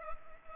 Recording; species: mosquito wingbeat signal from an infrared sensor; Culex pipiens